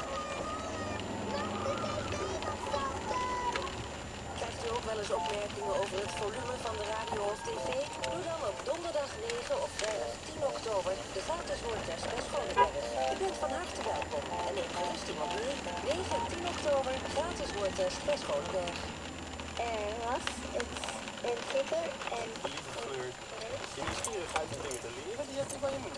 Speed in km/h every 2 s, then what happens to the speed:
25, 29, 26, 18, 19, 24, 30, 35, 34, 31, 22, 12, 10.
3-6 brakes to 18. 8-15 speeds up to 35. 15-22 slows to 12.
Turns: 6-10, 20-26.